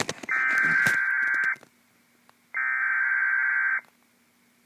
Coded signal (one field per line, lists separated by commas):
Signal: Emergency Alert System (SAME) tones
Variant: header bursts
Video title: EAS 1844 SVR NWS Midland